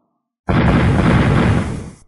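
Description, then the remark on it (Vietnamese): A sudden, loud, dull explosive boom bursts in and rolls on as a thick rumbling roar for about a second and a half before tapering off, one of five dull booms sounding in succession. No voices are heard. “5 tiếng nổ trầm đục vang lên liên tiếp, 5 cái đầu khôi lỗi kể cả con thủ lĩnh cao lớn nhất đồng loạt nứt toát ra, động tác của chúng lập tức đình trệ.”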